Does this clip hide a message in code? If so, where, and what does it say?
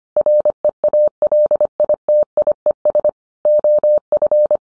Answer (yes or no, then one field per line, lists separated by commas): yes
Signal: Morse code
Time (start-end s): 0.2-4.6 s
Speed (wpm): 25 wpm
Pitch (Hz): 600 Hz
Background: none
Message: REALITIES OF